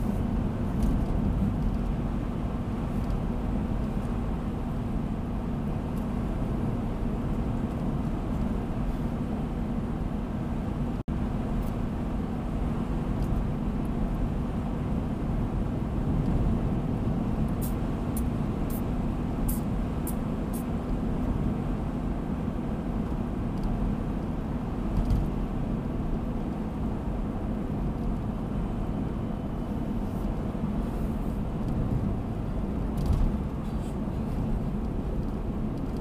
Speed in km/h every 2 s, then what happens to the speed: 79, 79, 79, 79, 79, 79, 80, 80, 80, 80, 80, 80, 80, 79, 78, 75, 73, 70.
0-24 steady at about 80. 24-36 slows to 70.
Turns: none.